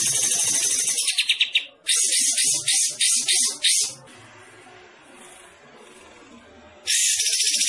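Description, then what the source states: Bulbul song: dense, rapid, buzzy high-pitched trills and chatter in quick pulsed bursts, pausing for about three seconds before resuming strongly. Singing actively, described as gacor.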